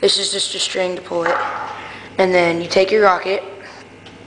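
Someone talks while handling a plastic water bottle rocket and its launcher, whose quick-connect coupling has a string to pull it. The rocket's nozzle is about to be pushed into the coupling, but nothing has seated or clicked yet. A faint low hum sits under the talking.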